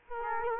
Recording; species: mosquito wingbeat signal from an infrared sensor; Culex quinquefasciatus